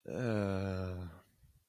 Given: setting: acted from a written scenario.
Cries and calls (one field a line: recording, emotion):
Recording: vocal sound without words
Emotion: embarrassment